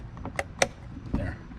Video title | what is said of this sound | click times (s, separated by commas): Toshiba Satellite Pro 400CDT [PT1]: Arrival / Cleaning - #IJDM018 | just hopefully i'm holding this at the right angle it just pops right in there and | 0.6 s